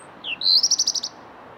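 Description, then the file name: European robin song fragment: a short descending note followed by a fast, high, even trill. "Erithacus rubecula"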